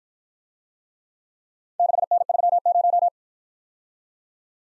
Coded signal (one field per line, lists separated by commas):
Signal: Morse code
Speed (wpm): 53 wpm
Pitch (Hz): 700 Hz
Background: none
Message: 6N30